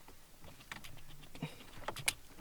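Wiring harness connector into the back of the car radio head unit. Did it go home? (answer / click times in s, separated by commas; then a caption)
yes / 2.1 s. An installer pushes a wiring harness connector into the back of an Android head unit being fitted in a Golf Plus, with soft plastic rustling and small taps as it goes in. The connector's locking latch is then closed with a sharp click at 2.1 s, and the connector is fully seated.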